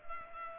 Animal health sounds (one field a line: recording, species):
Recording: mosquito wingbeat signal from an infrared sensor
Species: Culex pipiens